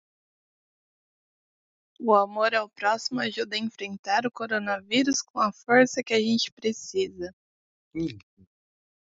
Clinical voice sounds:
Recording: spoken sentence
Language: Brazilian Portuguese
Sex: female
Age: 20 to 29 years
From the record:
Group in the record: control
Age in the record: 29 years

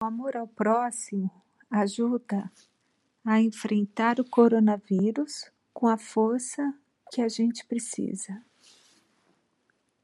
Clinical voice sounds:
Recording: spoken sentence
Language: Brazilian Portuguese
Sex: female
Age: 50 to 59 years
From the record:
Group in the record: control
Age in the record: 55 years

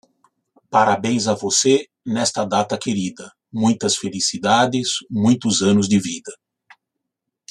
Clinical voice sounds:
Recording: short text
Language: Brazilian Portuguese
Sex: male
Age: 60 to 69 years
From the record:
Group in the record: control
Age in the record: 60 years

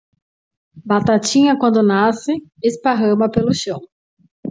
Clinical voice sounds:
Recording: short text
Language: Brazilian Portuguese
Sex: female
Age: 30 to 39 years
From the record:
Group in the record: control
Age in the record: 33 years

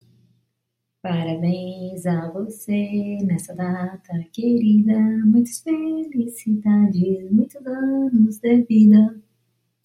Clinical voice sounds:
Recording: short text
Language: Brazilian Portuguese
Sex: female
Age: 50 to 59 years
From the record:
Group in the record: control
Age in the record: 54 years

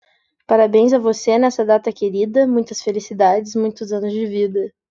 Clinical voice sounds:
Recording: short text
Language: Brazilian Portuguese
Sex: female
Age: 18 to 19 years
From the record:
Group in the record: control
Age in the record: 19 years

